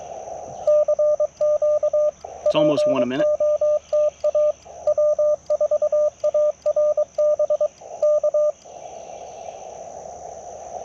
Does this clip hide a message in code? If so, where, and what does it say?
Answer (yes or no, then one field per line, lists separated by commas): yes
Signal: Morse code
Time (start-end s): 0.7-8.5 s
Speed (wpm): 22 wpm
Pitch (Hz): 600 Hz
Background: speech, radio noise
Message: CQ POTA W4ARB K